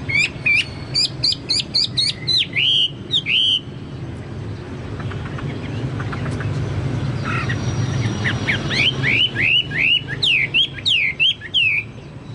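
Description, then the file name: Chinese hwamei song: loud whistled phrases with rising and falling slurred notes in quick bursts, a pause of quieter sounds, then a long rhythmic series of upslurred whistles. "hwamei-2-omkicau"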